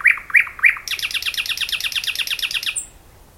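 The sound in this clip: Thrush nightingale song: three loud, slurred notes, then a fast run of many clipped, repeated notes, ending with a brief high whistle.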